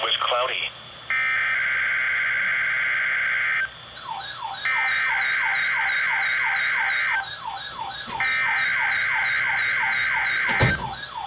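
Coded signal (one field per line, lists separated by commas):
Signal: Emergency Alert System (SAME) tones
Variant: header bursts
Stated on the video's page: Weather radio routine weekly tests, including a newly received station's first activation; valid EAS tones captured off air.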